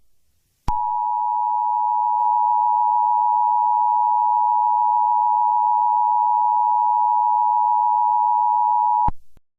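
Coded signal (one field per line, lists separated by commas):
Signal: Emergency Alert System (SAME) tones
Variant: 853 and 960 Hz attention tone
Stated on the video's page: Fanmade fictional EAS screen for a fictional network.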